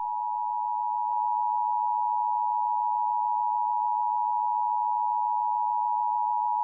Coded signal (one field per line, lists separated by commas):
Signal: Emergency Alert System (SAME) tones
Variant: 853 and 960 Hz attention tone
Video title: EAS Mock Test - Tornado Warning